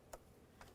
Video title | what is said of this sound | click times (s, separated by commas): How to Replace Spark Plug Dodge Journey 2009-2020 | plug in your electrical connector listen for a click | 0.1 s